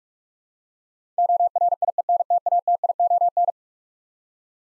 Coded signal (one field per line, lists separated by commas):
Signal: Morse code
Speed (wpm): 46 wpm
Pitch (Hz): 700 Hz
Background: none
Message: ORIENTATION